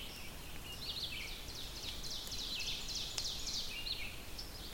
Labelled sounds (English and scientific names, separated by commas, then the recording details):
Ovenbird (Seiurus aurocapilla) song
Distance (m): 70 m
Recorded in boreal forest in Alberta, Canada, on 5 June 2016 at 06:52
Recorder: SongMeter 3, array SBT-3-51
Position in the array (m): 229 m, 195 m
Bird 28